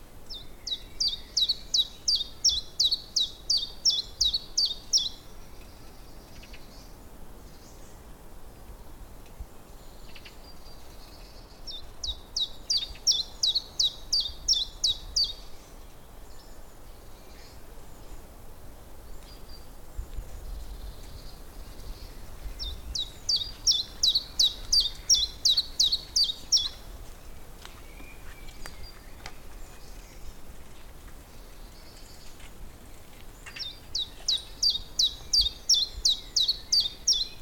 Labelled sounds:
Common Chiffchaff
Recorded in the wild
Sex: male
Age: adult
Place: Köllnische Heide, Berlin, DE
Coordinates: 52.46, 13.51
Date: 1989-04-27 17:32
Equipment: Uher 4400 Report Monitor, Sennheiser ME 80, K 30 AV
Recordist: Fischer, Stefan

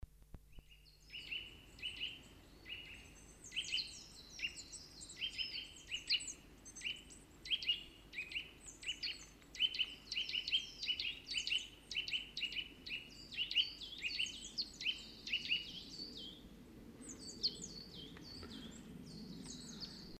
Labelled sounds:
Eurasian Nuthatch song
Coal Tit
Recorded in the wild
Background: Periparus ater
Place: Kaiserslautern, Rheinland-Pfalz, DE
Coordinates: 49.4065, 7.8055
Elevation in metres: 400
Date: 1977-03-01
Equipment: Nagra IV, Sennheiser MKH 405, Parabolreflektor
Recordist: Tretzel, Erwin
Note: Auf der Wolfskaut, Kaiserslautern: Gesang "twi twi"

